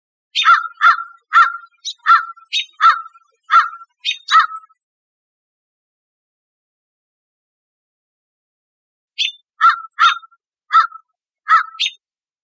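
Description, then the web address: American crow giving a quick run of short, clipped caws, then a long silence and five more. "birdvocals CR AMCR 060305"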